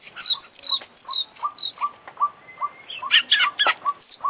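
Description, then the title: Oriental magpie-robin song: a steady series of short clipped notes repeated several times a second, then a louder burst of mixed whistles and chattering notes. Indonesian songbird-contest (kicau mania) recording; full 'isian' fill-in song of a persistently singing ('gacor') international champion kacer, used for training. "Kicau Mania - Full Isian Juara Internasional Burung KACER Gacor"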